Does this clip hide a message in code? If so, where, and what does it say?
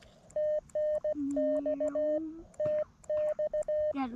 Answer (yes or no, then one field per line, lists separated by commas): yes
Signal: Morse code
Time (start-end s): 0.4-3.9 s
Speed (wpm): 16 wpm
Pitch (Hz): 610 Hz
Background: speech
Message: TNX TX